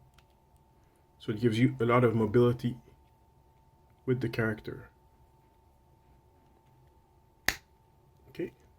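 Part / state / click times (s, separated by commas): plastic action figure part onto its ball joint / seated / 7.5 s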